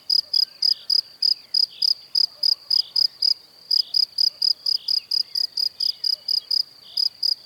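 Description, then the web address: Cricket chirping at a fast pace, high and ringing, with a brief pause. "Kurs PTTK Przyroda Ptaki Świerszcze"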